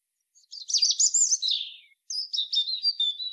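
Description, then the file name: European robin song with a jumbled, scratchy high warble followed by a phrase of tinkling notes that gradually step downward. "Erithacus rubecula"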